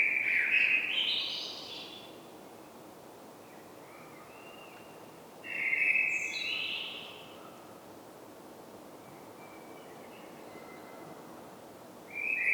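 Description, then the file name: Common blackbird delivering three song phrases several seconds apart. Each is a rich fluted whistle, some ending in a high twittery tail, with soft hiss between. "Turdus merula"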